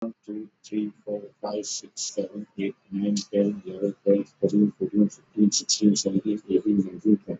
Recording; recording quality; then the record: counting at a fast pace; moderate, slight background noise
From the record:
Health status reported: exposed to COVID-19, no respiratory illness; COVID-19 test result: not tested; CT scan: not taken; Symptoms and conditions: none ticked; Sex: male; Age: 31 years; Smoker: yes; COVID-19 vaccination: both doses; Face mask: worn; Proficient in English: yes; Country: India